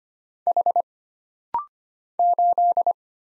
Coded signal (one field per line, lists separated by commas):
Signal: Morse code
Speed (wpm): 25 wpm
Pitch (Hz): 700 Hz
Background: none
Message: H 8